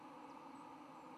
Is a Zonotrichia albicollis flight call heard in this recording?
no